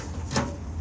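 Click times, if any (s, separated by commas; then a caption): 0.4 s. The steps lock on the entry step frame of a 2019 Cruiser Aire 28RD RV is released. A single sharp click sounds at 0.4 s over a steady low background hum. The lock comes free so the steps can be pulled out.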